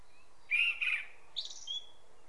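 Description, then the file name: Common blackbird uttering a single short phrase, a warbled low whistle followed by a thin high squeak. "Turdus merula"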